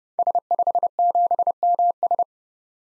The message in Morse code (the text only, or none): S57MS